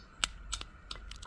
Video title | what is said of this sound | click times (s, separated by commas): Mercury Optimax - Tracker Valve Replacement | da hat man das Klick gehört und das sagt mir eben, dass die Schraube mit 8 Newtonmeter angezogen wurde. | 0.2 s